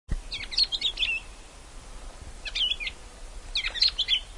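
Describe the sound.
Eurasian crimson-winged finch calls: three brief bursts of chirpy notes.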